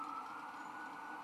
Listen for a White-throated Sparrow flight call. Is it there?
no